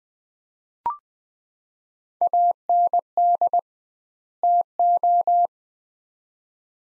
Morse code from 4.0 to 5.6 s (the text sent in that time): TO